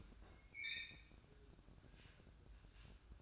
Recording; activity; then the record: daily activity, microphone in the room; open fridge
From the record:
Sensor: 2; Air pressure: 1007.6 hPa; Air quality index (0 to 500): 36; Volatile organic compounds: 1 ppm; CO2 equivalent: 530 ppm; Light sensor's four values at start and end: 10/23/10/10 and 10/23/10/10